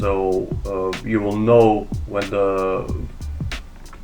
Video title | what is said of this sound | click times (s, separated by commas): AMD 2020 Silent Gaming PC Build guide (under 1000€) & AMD Drivers rant! | on either side click in that's your RAM is in and secure | 3.5 s